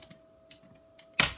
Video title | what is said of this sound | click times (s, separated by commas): Dad Installs Legrand Adorne Paddle & Half Switches | the different sides then if you hear them all click and there we go nice | 0.5 s, 1.2 s